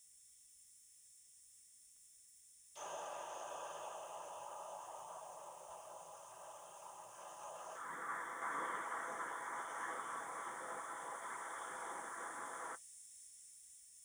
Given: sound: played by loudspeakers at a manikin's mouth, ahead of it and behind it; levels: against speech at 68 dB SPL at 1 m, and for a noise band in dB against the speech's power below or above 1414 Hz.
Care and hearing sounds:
test signals for a remote microphone
2.75-7.75 s: speech-spectrum noise from ahead, +10 dB
7.75-12.75 s: speech-spectrum noise from behind, +10 dB
From the record:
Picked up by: remote microphone B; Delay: 24 ms

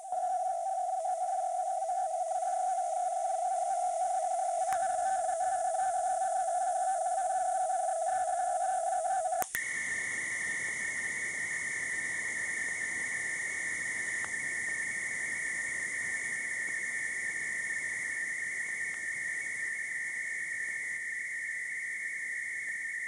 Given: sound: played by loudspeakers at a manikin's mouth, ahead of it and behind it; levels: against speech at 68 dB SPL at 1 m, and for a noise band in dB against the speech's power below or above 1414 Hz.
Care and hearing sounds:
test signals for a remote microphone
0.03-4.72 s: noise band at 707 Hz, +5 dB
4.72-9.42 s: noise band at 707 Hz, +10 dB
9.55-14.24 s: noise band at 2000 Hz, +10 dB
14.24-18.94 s: noise band at 2000 Hz, +5 dB
18.94-23.08 s: noise band at 2000 Hz, 0 dB
From the record:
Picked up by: remote microphone D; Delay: 24 ms

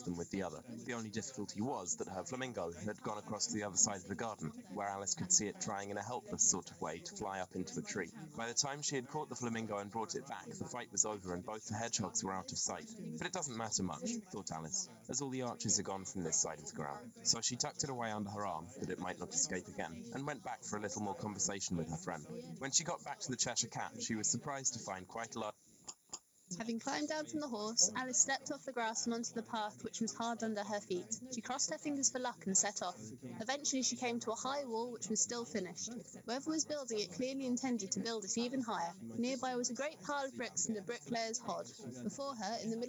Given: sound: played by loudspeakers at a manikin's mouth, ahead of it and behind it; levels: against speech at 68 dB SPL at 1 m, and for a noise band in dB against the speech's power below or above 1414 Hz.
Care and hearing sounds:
test signals for a remote microphone
0.00-25.50 s: man speaking, babble ahead at +6 dB SNR for speech at 1 m
25.87 s: click
26.12 s: click
26.50-42.89 s: woman speaking, babble ahead at +6 dB SNR for speech at 1 m
From the record:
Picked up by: remote microphone A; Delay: 47 ms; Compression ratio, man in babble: 10.50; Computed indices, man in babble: HASPI 1.000, HASQI 0.322 (non-linear 0.372, linear 0.866), ESTOI 0.714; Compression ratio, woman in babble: 7.77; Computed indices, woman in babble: HASPI 0.969, HASQI 0.340 (non-linear 0.394, linear 0.863), ESTOI 0.759

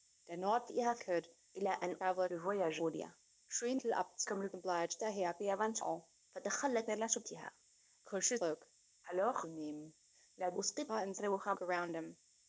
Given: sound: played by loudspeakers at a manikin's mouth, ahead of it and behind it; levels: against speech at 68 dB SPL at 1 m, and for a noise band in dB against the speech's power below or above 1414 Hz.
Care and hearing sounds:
test signals for a remote microphone
0.00-12.49 s: speech test signal (ISTS)
From the record:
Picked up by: remote microphone D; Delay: 24 ms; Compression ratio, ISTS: 1.24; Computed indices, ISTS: SII 0.997, HASPI 0.990, HASQI 0.385 (non-linear 0.446, linear 0.863), ESTOI 0.888

